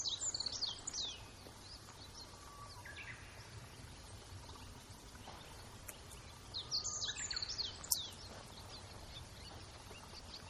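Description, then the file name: Meadow bunting song: two brief bursts of rapid, high twittering notes, one at the start and another about six seconds later, with a constant low hum beneath. Recorded on 23 April 2018. "hoojiro 20180423"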